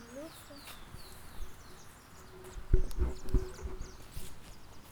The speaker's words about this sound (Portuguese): Que lindo esse passarinho aqui.